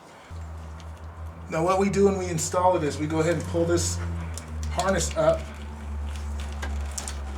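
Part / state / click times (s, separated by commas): fuel pump relay harness connector into relay / seated / 7.0 s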